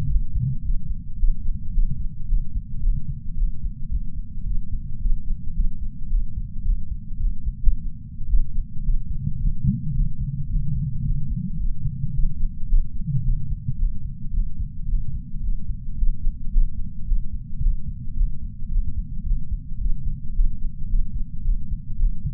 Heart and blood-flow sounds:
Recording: heart sounds by patch sensor on the chest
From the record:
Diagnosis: coronary artery disease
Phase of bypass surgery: postoperative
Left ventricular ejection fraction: 58.9%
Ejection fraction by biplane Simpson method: 44.4%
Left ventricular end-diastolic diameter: 54 mm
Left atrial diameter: 37 mm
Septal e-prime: 4.3 cm/s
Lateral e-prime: 5.9 cm/s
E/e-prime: 16.9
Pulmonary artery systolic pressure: 25 mmHg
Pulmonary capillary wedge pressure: 7 mmHg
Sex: male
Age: 66 years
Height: 165 cm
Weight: 65 kg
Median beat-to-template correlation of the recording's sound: 0.77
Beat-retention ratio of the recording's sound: 0.99

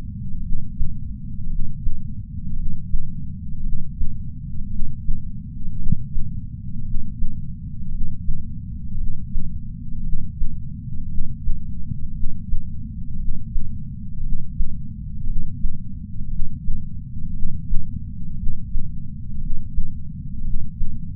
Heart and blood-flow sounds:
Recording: heart sounds by patch sensor on the chest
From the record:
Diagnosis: coronary artery disease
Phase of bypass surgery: intraoperative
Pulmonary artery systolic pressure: 25 mmHg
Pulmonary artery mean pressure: 17 mmHg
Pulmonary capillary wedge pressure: 11 mmHg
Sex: male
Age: 62 years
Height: 172 cm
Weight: 60 kg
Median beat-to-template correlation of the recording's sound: 0.91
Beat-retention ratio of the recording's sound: 1.00

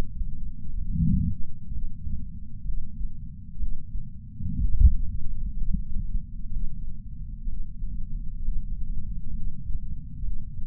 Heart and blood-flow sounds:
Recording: heart sounds by patch sensor on the chest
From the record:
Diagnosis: coronary artery disease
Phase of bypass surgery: preoperative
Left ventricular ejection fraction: 47%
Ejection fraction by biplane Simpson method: 47.3%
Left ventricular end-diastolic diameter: 51 mm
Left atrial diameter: 32 mm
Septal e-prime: 4.7 cm/s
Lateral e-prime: 7 cm/s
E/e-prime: 9.1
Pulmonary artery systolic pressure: 21 mmHg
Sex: male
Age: 60 years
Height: 174 cm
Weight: 72 kg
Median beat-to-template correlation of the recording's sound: 0.91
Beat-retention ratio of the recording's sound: 0.98

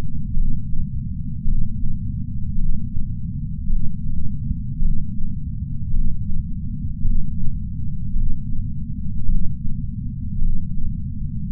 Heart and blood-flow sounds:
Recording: heart sounds by patch sensor on the chest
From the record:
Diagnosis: coronary artery disease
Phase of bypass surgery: intraoperative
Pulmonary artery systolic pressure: 24 mmHg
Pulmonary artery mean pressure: 20 mmHg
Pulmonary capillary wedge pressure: 12 mmHg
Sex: male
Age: 60 years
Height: 170 cm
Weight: 103 kg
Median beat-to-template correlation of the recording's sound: 0.88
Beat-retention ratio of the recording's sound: 0.98

